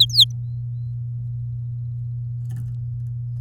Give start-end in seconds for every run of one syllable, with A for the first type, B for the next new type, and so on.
0.00-0.24 A